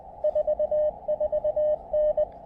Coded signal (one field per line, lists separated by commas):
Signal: Morse code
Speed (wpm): 19 wpm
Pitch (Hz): 600 Hz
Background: radio noise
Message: 44N